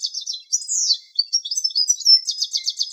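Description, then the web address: European goldfinch twittering with high, tinkling notes and quick liquid trills, a short slurred phrase in the middle, then rapid repeated chirps. "Carduelis carduelis"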